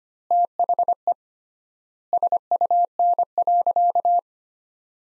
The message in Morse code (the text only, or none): THE SUN.